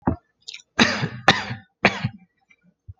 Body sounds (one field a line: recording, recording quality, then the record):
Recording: shallow voluntary cough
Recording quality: excellent, no background noise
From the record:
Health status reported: healthy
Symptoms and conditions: hypertension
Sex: male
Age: 35 years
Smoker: yes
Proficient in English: yes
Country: United States